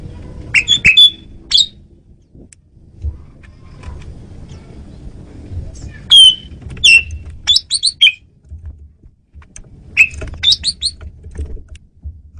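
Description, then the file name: Asian pied starling calls come in three spaced bursts of sharp whistled chirps and squeaks, with a low hum and rumble underneath. Female bird, used as a lure bird. "jalak suren betina pemikat"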